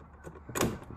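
The tang safety on a Savage 111 Hunter bolt-action rifle is moved one position into its detent, giving a single sharp click at 0.6 s. The safety seats in place and the gun is locked.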